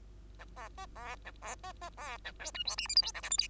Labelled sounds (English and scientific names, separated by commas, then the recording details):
Bengalese Finch (Lonchura striata domestica) song
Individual Bird2